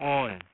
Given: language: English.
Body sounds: throat vibration sensor signal played as sound; speech

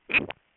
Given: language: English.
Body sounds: throat vibration sensor signal played as sound; swallow

